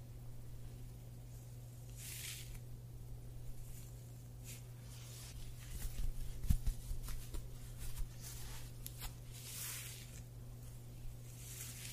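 A scalp massage: soft, brushy rustles of fingers moving through hair come and go every second or two, loudest between about six and eight seconds, where a small tap also sounds. Beneath it all runs a steady low hum.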